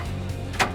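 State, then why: Seated. A slide-out camp kitchen drawer is pulled out from a GMC Sierra 2500 truck canopy to the end of its travel over a steady low hum. A single sharp hit at 0.6 s marks it locking into place on its slides.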